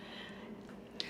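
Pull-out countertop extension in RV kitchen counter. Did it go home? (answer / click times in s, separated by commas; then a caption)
yes / 1.0 s. A small pull-out countertop extension in an RV kitchen counter is pulled out to give a little more space. Over a low, steady background, a sharp, brief click sounds at 1.0 s as the extension locks into place.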